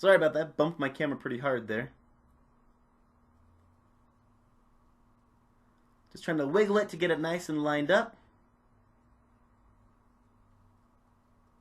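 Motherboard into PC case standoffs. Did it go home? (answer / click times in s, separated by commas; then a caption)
no / none. An ASUS Maximus VI Formula motherboard is wiggled and lined up in a PC case over the standoffs and the centre locating standoff before being pushed into place. Someone talks from about 0 to 2 seconds and again from about 6 to 8 seconds, with only a faint steady hum in between. Nothing has seated or clicked yet.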